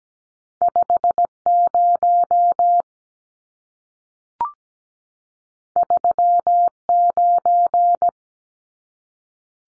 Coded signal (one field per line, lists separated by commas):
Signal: Morse code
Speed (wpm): 17 wpm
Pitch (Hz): 700 Hz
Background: none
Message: 50 39